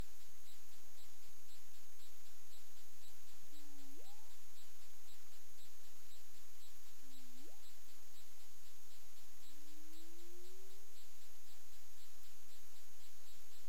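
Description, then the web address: Humpback whale song units: two low tones each snapping into a steep upward whoop, followed by a longer slowly rising moan, all over hiss and fast regular ticking. Caribbean waters, 20 February 2022 at 20:15 UTC. "CARIMAM. humpback whale 20220220 201543 UTC"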